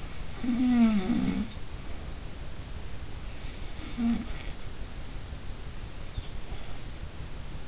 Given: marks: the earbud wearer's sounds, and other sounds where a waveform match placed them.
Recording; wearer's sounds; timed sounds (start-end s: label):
sounds in sleep by an in-ear microphone; snoring breath, breath
0.00-2.36 s: snoring breath
3.57-4.99 s: snoring breath
6.28-6.91 s: breath